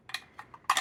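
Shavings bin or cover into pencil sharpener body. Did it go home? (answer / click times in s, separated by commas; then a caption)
no / none. The shavings bin or cover, likely plastic, of an X-ACTO Ranger 55 desk-mount pencil sharpener is handled as it is pushed back onto the sharpener's metal body. Light ticks and taps come around 0.1, 0.4 and 0.5 seconds, then a louder, brighter clatter at 0.7 and 0.8 seconds. Nothing has seated or clicked into place yet.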